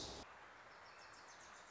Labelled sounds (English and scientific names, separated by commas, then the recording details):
Wilson's Warbler (Cardellina pusilla)
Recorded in Sonoma County, California